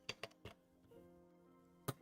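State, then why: Seated. Plastic clip-on parts on a Siboor Boom CoreXZ 3D printer frame, pushed slightly too far out, are slid back into place until they click. Sharp clicks land at 0.1 s and 1.9 s, with smaller ticks at about 0.2, 0.3 and 0.5 s and a faint steady hum in between. The parts seat with a clean, firm click.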